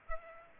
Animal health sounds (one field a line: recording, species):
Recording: mosquito wingbeat signal from an infrared sensor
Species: Culex pipiens